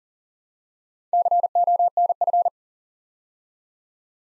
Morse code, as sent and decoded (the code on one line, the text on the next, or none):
-.-. --- -. ..-.
CONF